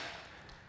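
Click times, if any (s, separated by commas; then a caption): 0.5 s. The folding stem of a Balto electric scooter is rotated up on the frame until its hinge catches. A single short, sharp click sounds at 0.5 s over a fading broadband hiss as the stem snaps into place and seats.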